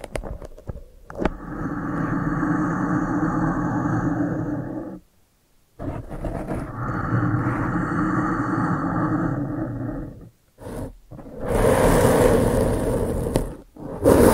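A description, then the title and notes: ASMR brain flossing without talking: long, steady bursts of dense, rough rumbling, each lasting a few seconds, separated by brief silences. The first two passes are low and grainy with a faint high whine above, while the last burst near the end turns brighter and hissier. ASMR Brain Flossing (No Talking).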